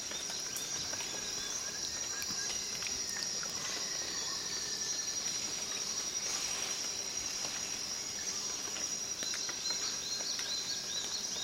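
Amazon rainforest at dawn: a steady, bright insect drone fills the air, with scattered chirps and brief bird calls throughout.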